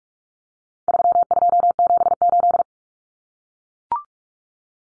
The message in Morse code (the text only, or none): 3278